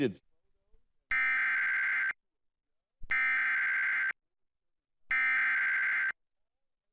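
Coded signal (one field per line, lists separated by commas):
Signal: Emergency Alert System (SAME) tones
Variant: header bursts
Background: speech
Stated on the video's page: Severe thunderstorm weather alert aired on FOX 56 television during a programme.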